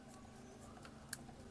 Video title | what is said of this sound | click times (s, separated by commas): iBell High pressure Car Washer #car #bike #highpressurewasher #ibell @hussainsbrief | அது lock ஆகிடும். | 1.1 s